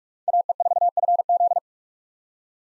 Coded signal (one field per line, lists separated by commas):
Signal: Morse code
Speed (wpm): 44 wpm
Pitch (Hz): 700 Hz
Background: none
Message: AE4FZ